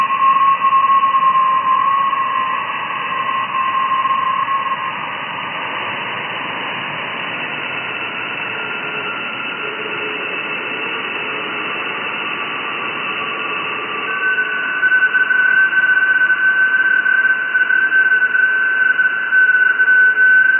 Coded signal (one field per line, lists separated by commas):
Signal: FT8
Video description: Receiving and decoding FT8 QSOs over 20-meter band (14,074 KHz), with the new SDRplay RSPdx software defined radio (SDR) at Mexico City.